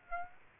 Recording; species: mosquito wingbeat signal from an infrared sensor; Aedes aegypti